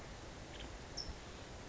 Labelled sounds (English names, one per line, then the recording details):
California Towhee
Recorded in Sonoma County, California